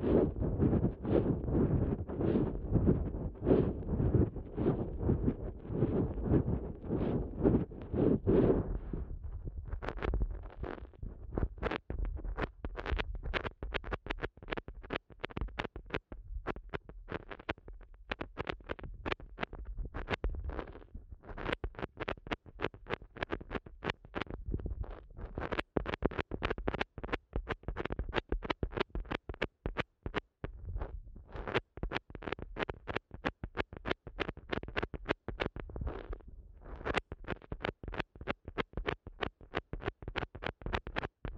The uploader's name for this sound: ASMR Sensitive Eardrum Massage